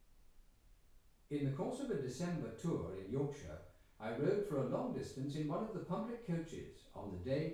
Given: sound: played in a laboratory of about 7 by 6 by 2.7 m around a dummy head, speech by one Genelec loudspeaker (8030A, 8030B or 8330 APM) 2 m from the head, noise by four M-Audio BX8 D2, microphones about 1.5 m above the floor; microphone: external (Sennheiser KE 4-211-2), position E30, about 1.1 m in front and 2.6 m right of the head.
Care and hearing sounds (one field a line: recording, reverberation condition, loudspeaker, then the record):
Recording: male speech in English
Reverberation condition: medium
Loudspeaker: 30 degrees to the right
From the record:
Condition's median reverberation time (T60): about 510 ms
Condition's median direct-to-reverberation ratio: about -0.5 dB